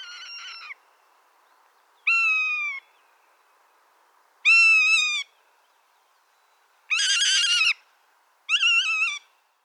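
Rough-legged Hawk calls: five drawn-out, wavering mewing screams, each about a second or less and slightly falling in pitch, repeated about every two seconds over a faint hiss.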